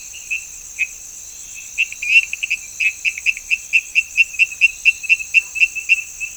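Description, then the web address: Frog calling with short, high, clicky notes, starting sparse and then repeating rapidly, over a steady high-pitched hum. "Frogs World. call voice"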